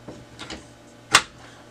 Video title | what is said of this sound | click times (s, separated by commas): Brother MFC 7460dw - How To Change Your Drum - Onyx imaging | once your hair click you know it's in there and then what you need to do is take this little Corona wire tap | 1.2 s